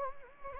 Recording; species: mosquito wingbeat signal from an infrared sensor; Anopheles gambiae